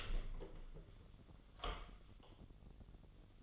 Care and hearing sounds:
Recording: daily activity, microphone in the room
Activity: open door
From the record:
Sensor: 4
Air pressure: 1010.1 hPa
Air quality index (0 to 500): 192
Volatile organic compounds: 3 ppm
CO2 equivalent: 1376 ppm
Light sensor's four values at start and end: 34/83/34/35 and 31/77/32/33

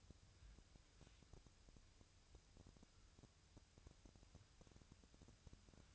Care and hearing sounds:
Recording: daily activity, microphone in the room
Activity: wipe stove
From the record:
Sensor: 2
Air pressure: 1001.5 hPa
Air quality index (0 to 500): 224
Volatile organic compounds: 24 ppm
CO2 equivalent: 2815 ppm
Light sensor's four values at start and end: 7/26/10/9 and 7/26/10/9

